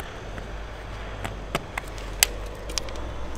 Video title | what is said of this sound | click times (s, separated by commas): QUAD LOCK Bike Mount - Thoughts and Long Term Review | it locks in place. | 2.2 s